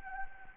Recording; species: mosquito wingbeat signal from an infrared sensor; Anopheles arabiensis